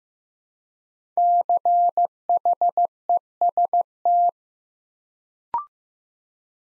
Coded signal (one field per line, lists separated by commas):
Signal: Morse code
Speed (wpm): 15 wpm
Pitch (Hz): 700 Hz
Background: none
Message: CHEST